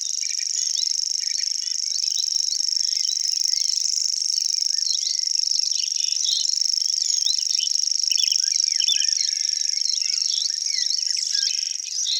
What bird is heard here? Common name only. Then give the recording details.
Common Grasshopper Warbler. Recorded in the wild. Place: Flögelner See, Schleswig-Holstein, DE. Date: 1999-05-11. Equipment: MiniDisc Sony MZ-R35, Telinga DAT, Telinga-Parabolspiegel. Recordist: Schwarz, Dieter